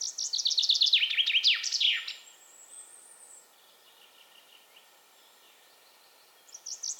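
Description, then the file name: Common chaffinch song: a rapid descending series of bright notes ending in a final flourish, about two seconds long, with a faint high whistle after and a new phrase beginning at the end. "Fringilla coelebs"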